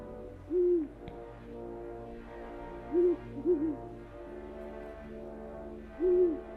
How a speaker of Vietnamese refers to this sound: Dưới ánh trăng lưỡi liềm dọi trên mặt nước êm ắng lạ thường, tiếng ếch nhái cũng lặng đi, nhường chỗ cho tiếng những con cú mèo kêu văng vẳng đâu đây vang vọng trong cái không gian của đêm hoang đồng lạnh.